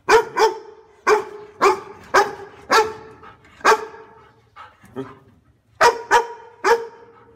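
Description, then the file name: Dog barking in short, harmonic woofs, with a couple of quieter barks near the middle before a final quick run of three. "Tieng cho sua"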